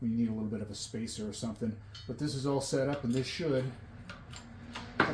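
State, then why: Released. A U-joint bearing cap is pressed out of the steel yoke of a 2001 Ford Expedition front driveshaft in a hydraulic press while someone talks. A few faint ticks come near the end before the cap breaks free with a sharp, loud pop at 5.0 s, and it is released.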